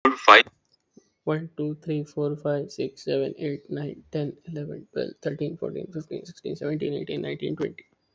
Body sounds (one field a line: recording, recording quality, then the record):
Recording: counting at a fast pace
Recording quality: excellent, no background noise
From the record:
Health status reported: healthy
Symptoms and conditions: none ticked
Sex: male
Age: 20 years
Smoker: not ticked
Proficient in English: yes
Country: India